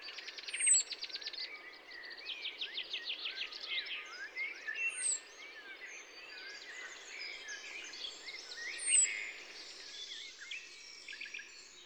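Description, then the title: Birdsong of rapid buzzy trills and twittering chirps, with occasional high whistled notes, over constant soft background noise. Spring birds recorded at Massignieu-de-Rives, France; Tascam DAP-1 recorder with Télingua microphone. "147 Route de la Tuilerie, Massignieu-de-Rives, France. oiseaux de printemps"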